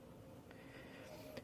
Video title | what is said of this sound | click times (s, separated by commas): Basics of any smartphone repair - Microphone repair - charging port repair | if you're a click sound that's a good thing that means that the flex cable has properly engaged with the board | 0.5 s, 1.4 s